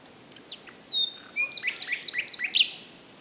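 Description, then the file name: Common nightingale song phrase: a few thin whistles, then a quick run of about eight loud repeated chirps. "Luscinia megarhynchos"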